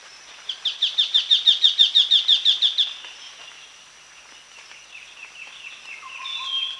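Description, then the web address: Scaly-crowned babbler calling in a rapid string of bright, high, clipped notes that swell then fade, followed by softer chirps and a constant high hum. Recorded at Danum on 1 January 2008. "DANUM 20080101. scaly-crowned babbler"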